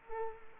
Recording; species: mosquito wingbeat signal from an infrared sensor; Culex quinquefasciatus